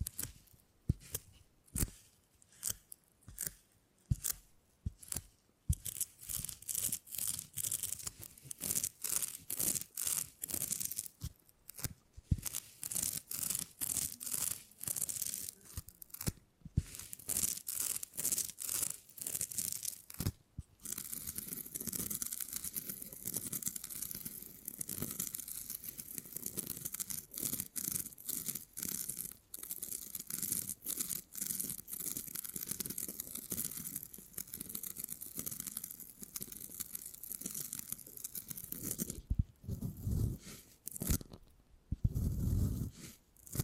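Beeswax being handled for tingly sounds: a rapid series of sticky, crackling pulls and taps, irregular at first with brief silences, then a dense, continuous crinkling from about twenty seconds on. A few short pauses break the texture near the end, followed by a final louder burst.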